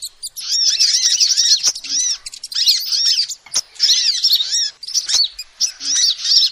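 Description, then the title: Lovebird chatter, repeated arched squeaky notes in short bursts with gaps between, plus a few sharp clicks. Lovebird calls used as a lure to trap birds. "PIKAT BURUNG LOVEBIRD"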